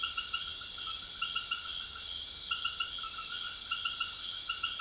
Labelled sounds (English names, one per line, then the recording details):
none
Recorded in secondary vegetation near Puerto Asís, Putumayo, Colombia, on 23 June 2025 at 19:30
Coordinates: 0.500, -76.326
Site GP08